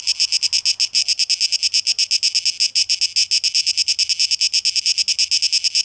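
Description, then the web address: Cicada buzz, high and metallic, pulsing quickly with a slight stumble near the first second, otherwise even and constant. Recorded 12 August 2023; tape echo mix. "rauschpartikel Audio 2023-08-12 Zikaden"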